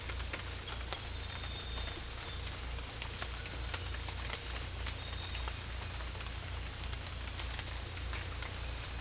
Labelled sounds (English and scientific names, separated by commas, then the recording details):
none
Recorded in dense forest near Puerto Asís, Putumayo, Colombia, on 18 December 2024 at 02:00
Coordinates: 0.486, -76.317
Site G003